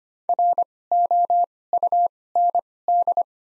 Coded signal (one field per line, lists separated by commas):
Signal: Morse code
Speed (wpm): 25 wpm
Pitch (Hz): 700 Hz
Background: none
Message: ROUND